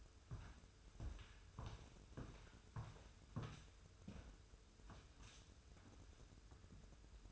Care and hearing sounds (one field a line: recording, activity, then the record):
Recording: daily activity, microphone in the room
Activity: walk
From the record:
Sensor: 2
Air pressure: 994.2 hPa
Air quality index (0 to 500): 203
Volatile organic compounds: 1000 ppm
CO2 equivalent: 6680 ppm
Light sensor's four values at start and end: 80/184/77/76 and 82/190/79/78